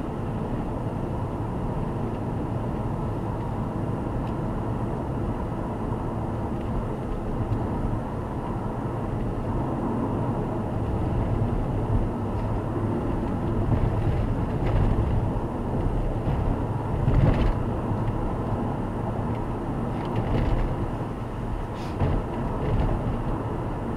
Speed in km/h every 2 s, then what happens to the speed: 70, 73, 77, 80, 82, 84, 82, 84, 85, 86, 88, 89.
0-9 speeds up to 84. 9-24 steady at about 85.